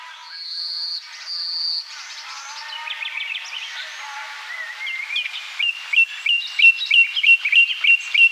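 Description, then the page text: Eastern common nightingale song: two long pure whistles, then varied warbled phrases, ending in a run of sharp, rapidly repeated notes that grow louder. Eastern form, singing. "Eastern Common Nightingale Song. Quick Sounds"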